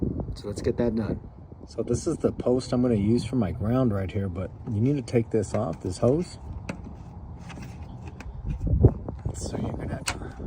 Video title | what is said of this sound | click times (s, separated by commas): Armor Grille W/Off-Road Light For 13-18 Dodge Ram 1500, 2019-2023 Ram 1500 Classic Installation. | pull it out little by little you hear it popping there you go | 8.2 s, 8.8 s, 9.1 s, 9.5 s, 10.1 s